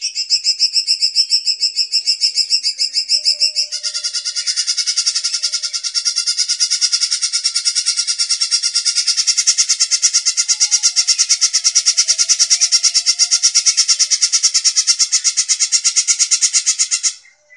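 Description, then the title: Bird delivering a long, rapid pulsing trill, high and buzzy, changing tone after a few seconds and running evenly before stopping abruptly near the end. "SuaraBurung Kicau"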